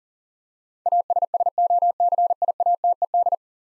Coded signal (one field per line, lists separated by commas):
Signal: Morse code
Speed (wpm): 40 wpm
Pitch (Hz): 700 Hz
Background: none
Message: ASSOCIATED